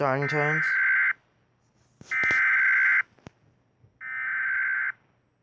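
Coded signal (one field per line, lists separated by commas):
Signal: Emergency Alert System (SAME) tones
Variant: header bursts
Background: speech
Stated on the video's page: EAS scenario made on Android with Powerdirector.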